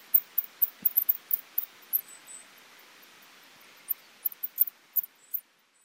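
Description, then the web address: Rat or mouse squeaks: very high, thin chirps in rapid runs, then a pause, then another burst of squeaks over a faint hiss. Recorded in Tottori on 2008-04-09. "koe nezumi 080409 tottori kuroda"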